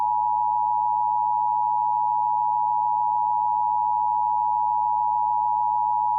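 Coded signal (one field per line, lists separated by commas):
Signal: Emergency Alert System (SAME) tones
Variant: 853 and 960 Hz attention tone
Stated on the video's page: Re-creation of the first national EAS test of 2011.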